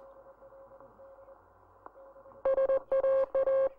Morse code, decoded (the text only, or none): SAA